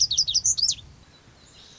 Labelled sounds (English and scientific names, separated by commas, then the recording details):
Lazuli Bunting (Passerina amoena)
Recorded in Sonoma County, California